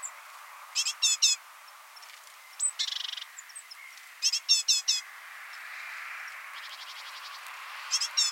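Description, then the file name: Great tit calls, groups of three to five sharp high notes, interrupted by dry buzzy rattles and a soft hiss in the background. "Parus major"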